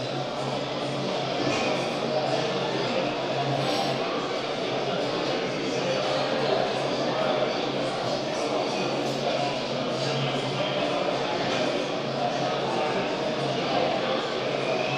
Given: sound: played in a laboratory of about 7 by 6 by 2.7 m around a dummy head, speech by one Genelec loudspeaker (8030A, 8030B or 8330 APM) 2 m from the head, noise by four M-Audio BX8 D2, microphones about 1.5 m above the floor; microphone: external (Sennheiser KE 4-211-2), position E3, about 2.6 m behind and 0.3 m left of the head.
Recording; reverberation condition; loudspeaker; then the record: cafeteria noise; high; four, about 170 cm from the corners of the room and facing them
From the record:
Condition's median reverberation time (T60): about 1300 ms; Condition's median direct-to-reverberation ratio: about -4.0 dB